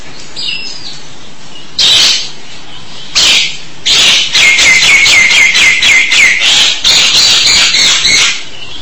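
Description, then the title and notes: Starling song, scattered harsh screeches building into a fast rattling chatter of rasping notes, repeated several times a second. "suara burung jalak"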